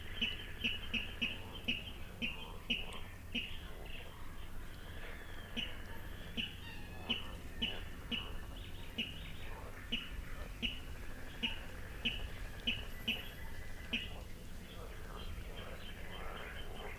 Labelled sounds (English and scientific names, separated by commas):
Water Rail (Rallus aquaticus)